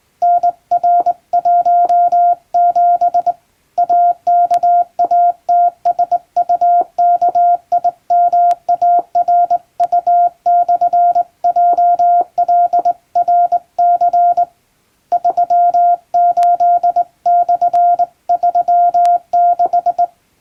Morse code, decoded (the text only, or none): NR17 AKATSUKIMARU/JLRC 38/36